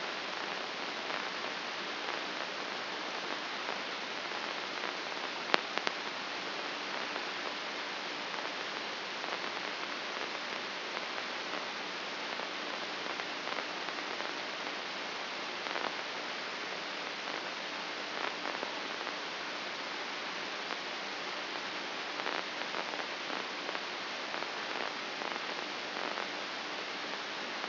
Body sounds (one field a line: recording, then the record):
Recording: brain microelectrode recording played as sound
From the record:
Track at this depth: inside the subthalamic nucleus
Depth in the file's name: 5.829 mm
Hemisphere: left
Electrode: 2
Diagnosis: Parkinson's disease